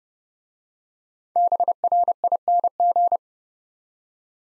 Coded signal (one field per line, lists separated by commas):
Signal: Morse code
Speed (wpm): 28 wpm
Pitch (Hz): 700 Hz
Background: none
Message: BRING